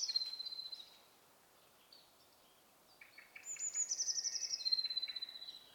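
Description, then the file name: European robin giving high, thin whistles and a fast, buzzy trill between pauses, quiet against a steady hiss of background noise. "Erithacus rubecula"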